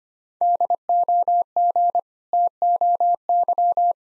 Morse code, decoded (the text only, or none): DOG TOY